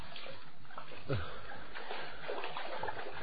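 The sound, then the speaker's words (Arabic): River water flows in a steady, hissing rush at the riverbank, with small splashes and gurgles rippling through it and a faint low murmur underneath. “وانطلق الفتى إلى شاطئ النهر، ووقف ينتظر طلوع البدر وظهور بغلة العشر”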